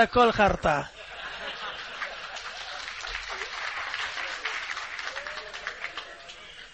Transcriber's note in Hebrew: הקהל צוחק, ומוחא כפיים